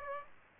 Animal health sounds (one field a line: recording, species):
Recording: mosquito wingbeat signal from an infrared sensor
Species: Aedes aegypti